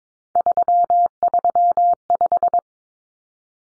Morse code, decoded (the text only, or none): 335